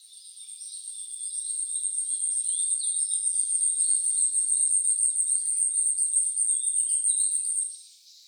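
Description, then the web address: Asian stubtail singing a sustained, extremely high-pitched, rapidly pulsed buzz that builds over the first few seconds, holds, and then cuts off near the end, over faint background sounds. Recorded 21 April 2014; Japanese name yabusame. "birdenaga yabusame"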